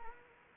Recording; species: mosquito wingbeat signal from an infrared sensor; Anopheles arabiensis